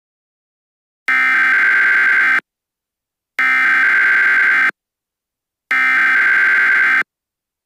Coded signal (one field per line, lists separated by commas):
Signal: Emergency Alert System (SAME) tones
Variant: header bursts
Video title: EAS Mock # 1: Severe Thunderstorm Warning